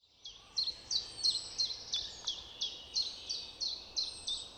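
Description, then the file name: Eurasian wren gives a series of sharp, scratchy high notes, evenly spaced at roughly three per second, loud and clear over light background hiss. "Troglodytes troglodytes"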